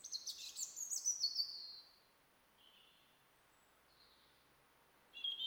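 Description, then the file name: European robin song, a high sweet phrase of fast notes sliding downward, followed by quiet separate notes and a fresh high burst at the end. "Erithacus rubecula"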